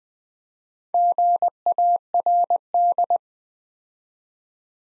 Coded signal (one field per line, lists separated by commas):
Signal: Morse code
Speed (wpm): 20 wpm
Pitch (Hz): 700 Hz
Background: none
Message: GARD